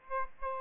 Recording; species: mosquito wingbeat signal from an infrared sensor; Aedes aegypti